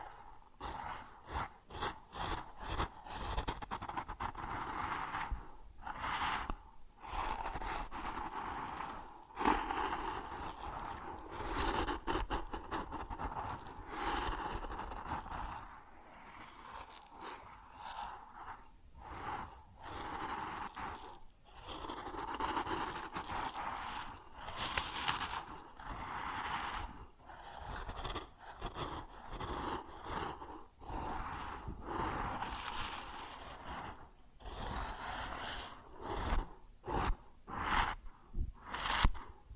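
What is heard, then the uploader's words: Grain sounds: a dense, gritty rustle and scrape of kernels shifting and rubbing, continuing through most of the clip with brief sudden pauses every few seconds. A faint steady mid-pitched hum sits underneath the whole time. ASMR Grain Sounds (No Talking).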